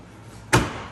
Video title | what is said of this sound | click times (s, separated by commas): Warn 45 S UTV Install Part II | it pops right in. | 0.5 s